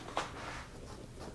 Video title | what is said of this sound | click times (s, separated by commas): Part 5: Front Bumper Install & Finishing - Camaro ZL1 Carbon Fiber 1LE Front End Conversion | it's a little snap Clips are in place each side and | 0.2 s